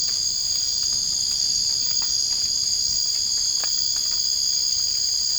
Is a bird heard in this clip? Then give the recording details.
no. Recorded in dense forest near Puerto Asís, Putumayo, Colombia, on 27 June 2025 at 02:00. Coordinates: 0.481, -76.323. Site G072